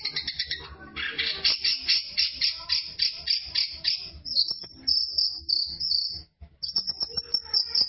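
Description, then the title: Long-tailed Shrike in a rapid scratchy chatter of pulsed notes, shifting into thin high whistled phrases and then renewed chattering after a brief silence. "Cendet Pentet"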